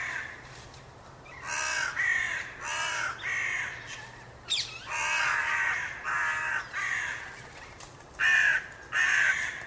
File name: Corvus corone